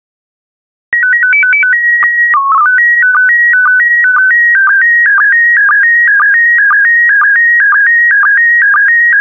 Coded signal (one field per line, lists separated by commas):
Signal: SSTV (slow-scan television)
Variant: PD 120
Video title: 84032 Roses by Diane Rose Therrien SSTV PD120